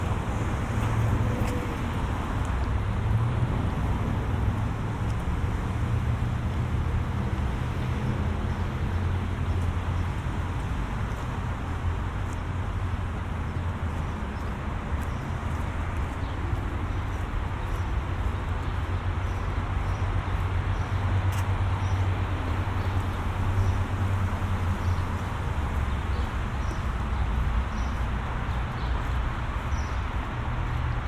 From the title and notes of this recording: Walking home from the mall. A binaural recording of a walk from Cross County Mall to our house in Mount Vernon. An hour long walk through lower Westchester County, in the suburbs of New York City.